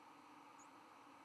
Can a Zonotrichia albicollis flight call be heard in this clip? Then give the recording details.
no. Another species' flight call is heard. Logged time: 07:08 on 11 November 2014